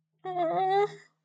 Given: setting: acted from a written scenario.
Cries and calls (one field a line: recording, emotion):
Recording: vocal sound without words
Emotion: shame